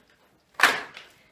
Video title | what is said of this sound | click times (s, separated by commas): ViVo Pet Stroller - Update On Mozzie - Schnauzer | going to hear a click if you can over the squeaker | 0.6 s